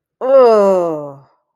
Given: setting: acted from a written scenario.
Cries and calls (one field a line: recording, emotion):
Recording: vocal sound without words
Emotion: contempt